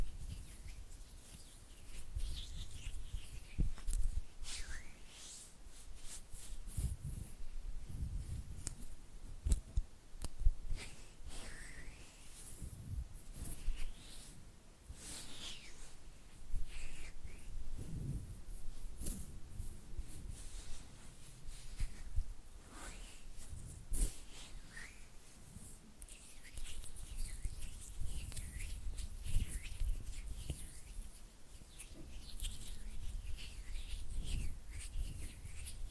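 Slick, wet hand and finger sounds flutter in dense, irregular bursts, with soft low thumps and brief bright smacks throughout.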